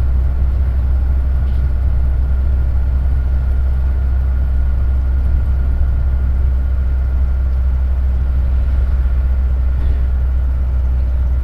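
A road journey heard from inside a vehicle: a steady, heavy low engine rumble holds constant throughout, with faint road noise above it.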